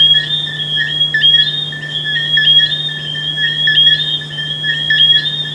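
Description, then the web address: Shrill frog chorus, continuous high tonal notes rising and falling slightly in loudness, with a steady low hum beneath. "humbot audio frogs"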